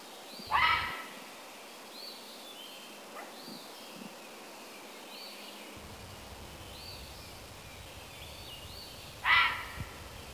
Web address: Fisher cat sound. fisher cat animal sound